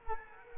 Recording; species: mosquito wingbeat signal from an infrared sensor; Culex quinquefasciatus